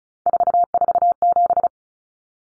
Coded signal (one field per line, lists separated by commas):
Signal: Morse code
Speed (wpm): 34 wpm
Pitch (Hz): 700 Hz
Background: none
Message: 447